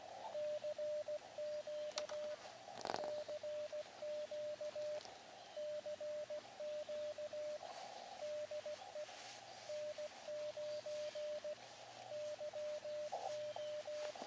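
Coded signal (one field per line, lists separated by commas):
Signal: Morse code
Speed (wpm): 16 wpm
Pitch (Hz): 600 Hz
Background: radio noise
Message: CQ CQ CQ DE N9YO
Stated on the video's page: QRP portable CW contact on an Elecraft KX2 with a random wire antenna, radio overheating in summer sun.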